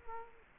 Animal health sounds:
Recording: mosquito wingbeat signal from an infrared sensor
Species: Culex quinquefasciatus

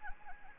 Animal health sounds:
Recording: mosquito wingbeat signal from an infrared sensor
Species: Anopheles gambiae

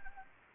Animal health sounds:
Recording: mosquito wingbeat signal from an infrared sensor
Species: Anopheles gambiae

